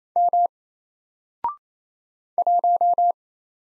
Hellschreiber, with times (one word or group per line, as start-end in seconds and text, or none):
none